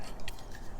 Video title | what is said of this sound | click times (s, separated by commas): Ozark Trail Survival Kit?!?! - Lets take a look | It locks into place decently well. | 0.3 s